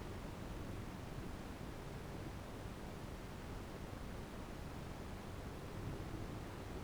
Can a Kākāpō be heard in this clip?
no